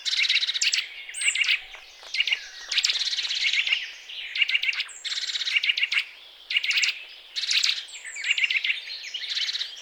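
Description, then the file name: Eurasian nuthatch calls: bursts of short, sharp notes repeated in quick groups. "Sitta europaea"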